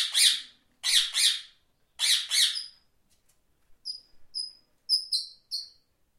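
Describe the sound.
Parrot harsh squawks, mostly in pairs, followed by short thin whistled notes repeated several times toward the end.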